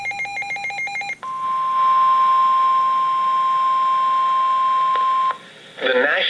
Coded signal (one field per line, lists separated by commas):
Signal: Emergency Alert System (SAME) tones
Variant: 1050 Hz attention tone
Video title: Random Flooding | EAS Alerts From 8.23.20 thru 8.26.20 | EAS 227-230